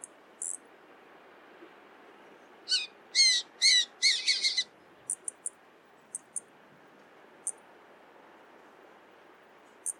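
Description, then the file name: Eurasian jay giving a burst of harsh, rasping screeches in quick succession midway, with brief high ticks scattered before and after against a steady low hiss. "Garrulus glandarius"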